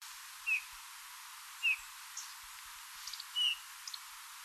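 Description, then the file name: Eurasian bullfinch calling three soft, plaintive piping notes, spaced one to two seconds apart, with a few faint high ticks between. "Pyrrhula pyrrhula"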